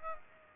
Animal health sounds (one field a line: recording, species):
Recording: mosquito wingbeat signal from an infrared sensor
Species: Aedes aegypti